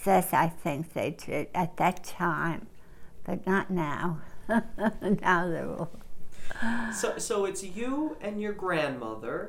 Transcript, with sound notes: This is, I think, they did at that time but not now. (she laughs) Now they're all, uh...
So, so it's you and your grandmother...